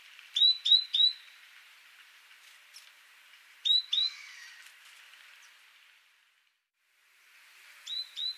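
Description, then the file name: Great tit calls: a quick run of three thin, upslurred whistled notes, then a couple more with a faint downward sweep, and a final pair near the end. "Parus major"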